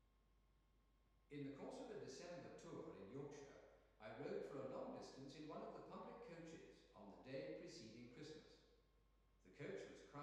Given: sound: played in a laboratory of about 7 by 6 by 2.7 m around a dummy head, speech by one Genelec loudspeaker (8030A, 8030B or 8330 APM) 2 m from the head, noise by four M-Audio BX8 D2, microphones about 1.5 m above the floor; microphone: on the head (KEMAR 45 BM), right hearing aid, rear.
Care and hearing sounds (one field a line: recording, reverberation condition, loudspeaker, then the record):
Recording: male speech in English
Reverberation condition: high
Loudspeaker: in front (0 degrees)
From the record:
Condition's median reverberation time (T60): about 1300 ms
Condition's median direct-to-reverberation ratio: about -4.0 dB